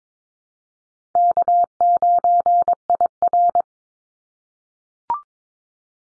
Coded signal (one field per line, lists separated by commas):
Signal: Morse code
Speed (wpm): 22 wpm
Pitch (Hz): 700 Hz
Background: none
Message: K9IR